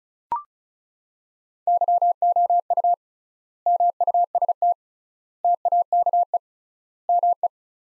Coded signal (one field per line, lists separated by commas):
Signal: Morse code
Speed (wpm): 36 wpm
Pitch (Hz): 700 Hz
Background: none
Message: YOU MUST TAKE ME